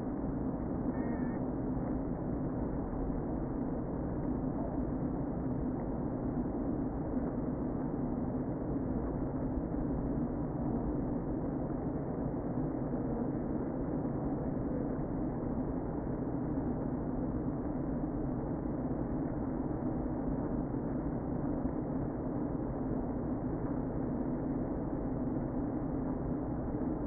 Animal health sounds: honeybee colony, microphone inside the hive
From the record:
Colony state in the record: queen present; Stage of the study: before two queens were removed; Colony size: about 60,000 bees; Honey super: yes

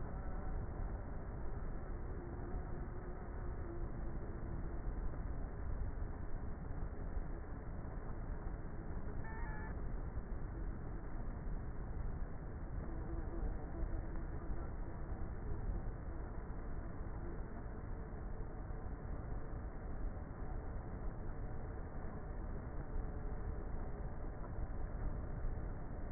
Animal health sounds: honeybee colony, microphone inside the hive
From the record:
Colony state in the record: queenless with a low population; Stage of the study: before two queens were removed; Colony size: about 30,000 bees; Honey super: no

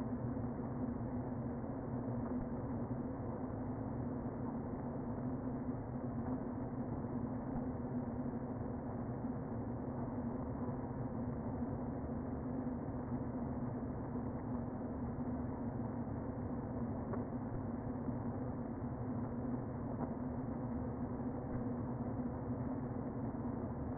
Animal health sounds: honeybee colony, microphone inside the hive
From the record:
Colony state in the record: queen present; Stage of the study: before two queens were removed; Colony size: about 60,000 bees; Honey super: yes

